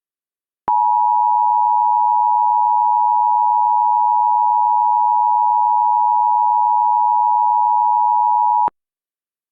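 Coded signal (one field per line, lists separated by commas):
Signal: Emergency Alert System (SAME) tones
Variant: 853 and 960 Hz attention tone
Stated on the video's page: Reenactment mock with valid EAS tones, recreating a Tornado Emergency and a Flash Flood Emergency from Mount Holly.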